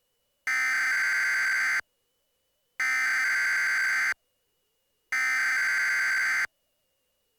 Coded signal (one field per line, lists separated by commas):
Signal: Emergency Alert System (SAME) tones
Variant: header bursts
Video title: EAS Mock #4: Double Trouble